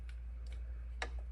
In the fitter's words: and it'll click in place and you just push down a little bit you'll feel a click